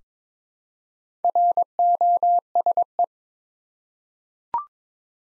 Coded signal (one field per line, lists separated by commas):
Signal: Morse code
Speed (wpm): 23 wpm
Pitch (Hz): 700 Hz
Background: none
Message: ROSE